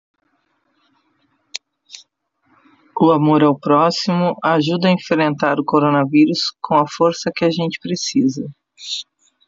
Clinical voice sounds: spoken sentence; Brazilian Portuguese; female; 50 to 59 years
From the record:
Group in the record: control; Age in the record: 52 years

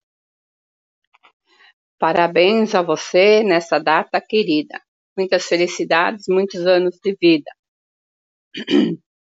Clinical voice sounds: short text; Brazilian Portuguese; female; 50 to 59 years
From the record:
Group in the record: control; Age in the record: 59 years

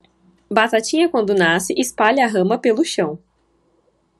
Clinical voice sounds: short text; Brazilian Portuguese; female; 20 to 29 years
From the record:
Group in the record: control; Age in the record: 26 years

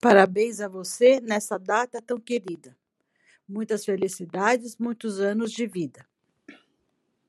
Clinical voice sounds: short text; Brazilian Portuguese; female; 50 to 59 years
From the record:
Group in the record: control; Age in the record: 55 years

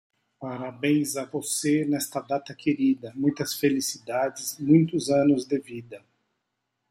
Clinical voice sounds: short text; Brazilian Portuguese; male; 50 to 59 years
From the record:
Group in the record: control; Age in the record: 54 years

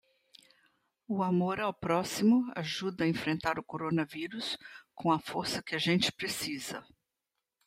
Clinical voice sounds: spoken sentence; Brazilian Portuguese; female; 60 to 69 years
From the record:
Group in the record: control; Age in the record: 68 years

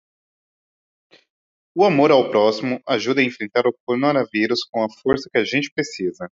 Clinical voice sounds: spoken sentence; Brazilian Portuguese; male; 20 to 29 years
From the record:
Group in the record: control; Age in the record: 28 years

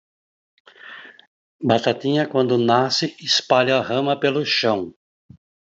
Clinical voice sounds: short text; Brazilian Portuguese; male; 60 to 69 years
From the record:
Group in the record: control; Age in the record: 66 years

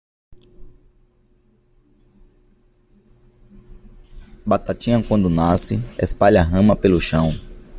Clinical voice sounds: short text; Brazilian Portuguese; male; 30 to 39 years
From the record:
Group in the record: control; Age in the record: 39 years

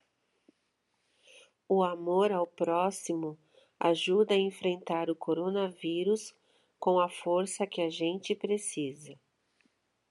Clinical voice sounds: spoken sentence; Brazilian Portuguese; female; 50 to 59 years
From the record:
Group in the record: control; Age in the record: 54 years

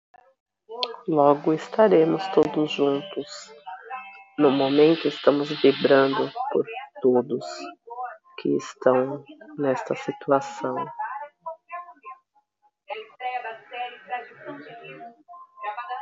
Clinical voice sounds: short text; Brazilian Portuguese; female; 40 to 49 years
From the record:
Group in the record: control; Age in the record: 40 years

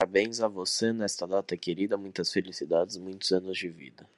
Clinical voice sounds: short text; Brazilian Portuguese; male; 20 to 29 years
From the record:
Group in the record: control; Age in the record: 26 years

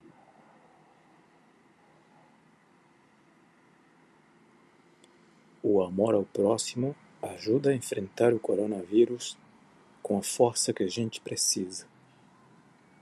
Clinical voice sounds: spoken sentence; Brazilian Portuguese; male; 30 to 39 years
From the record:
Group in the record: control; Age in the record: 39 years

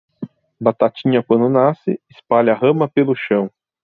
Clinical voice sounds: short text; Brazilian Portuguese; male; 30 to 39 years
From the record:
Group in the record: control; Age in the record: 33 years

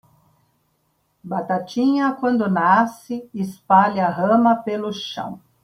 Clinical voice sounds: short text; Brazilian Portuguese; female; 60 to 69 years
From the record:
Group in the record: control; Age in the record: 67 years

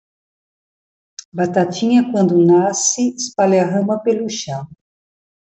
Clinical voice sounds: short text; Brazilian Portuguese; female; 70 to 79 years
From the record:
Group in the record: control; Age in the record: 73 years

